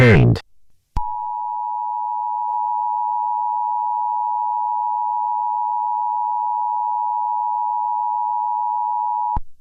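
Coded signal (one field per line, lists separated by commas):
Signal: Emergency Alert System (SAME) tones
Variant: 853 and 960 Hz attention tone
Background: speech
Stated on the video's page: Fictional EAS mock for SCP-682, made with Movie Studio Platinum and Audacity using EAS alert sound effects and text-to-speech voice.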